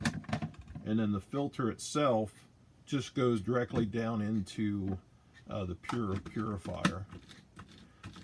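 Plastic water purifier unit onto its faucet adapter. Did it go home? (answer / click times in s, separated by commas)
yes / 0.1 s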